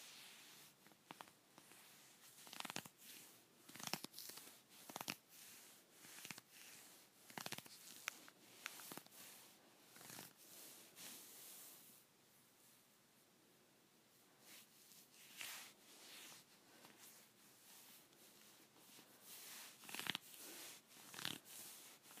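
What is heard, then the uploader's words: Scratchy leggings rasp in quick, irregular strokes, each a sharp hissing brush that comes about once or twice a second. The scratching thins out to a soft, steady hiss between roughly 11 and 14 seconds, then picks up again, with harder strokes near 20 seconds. ASMR Scratchy Leggings.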